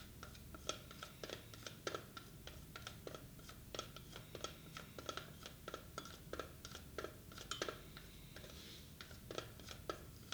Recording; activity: daily activity, guitar pickup as the sensor; fry